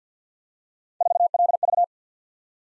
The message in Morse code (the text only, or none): 4LV